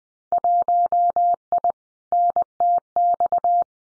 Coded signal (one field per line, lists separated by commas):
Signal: Morse code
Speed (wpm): 20 wpm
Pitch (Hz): 700 Hz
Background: none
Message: 1I NTX